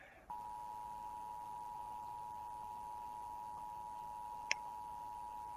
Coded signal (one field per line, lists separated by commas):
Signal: Emergency Alert System (SAME) tones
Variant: 853 and 960 Hz attention tone